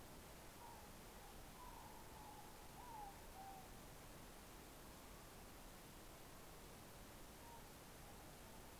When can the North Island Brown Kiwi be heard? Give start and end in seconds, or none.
none